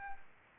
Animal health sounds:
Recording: mosquito wingbeat signal from an infrared sensor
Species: Anopheles gambiae

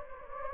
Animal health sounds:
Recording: mosquito wingbeat signal from an infrared sensor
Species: Anopheles gambiae

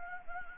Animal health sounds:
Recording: mosquito wingbeat signal from an infrared sensor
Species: Anopheles gambiae

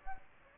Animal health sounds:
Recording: mosquito wingbeat signal from an infrared sensor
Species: Aedes aegypti

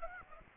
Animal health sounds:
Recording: mosquito wingbeat signal from an infrared sensor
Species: Aedes aegypti

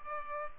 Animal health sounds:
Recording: mosquito wingbeat signal from an infrared sensor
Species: Culex pipiens

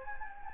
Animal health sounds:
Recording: mosquito wingbeat signal from an infrared sensor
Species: Anopheles gambiae

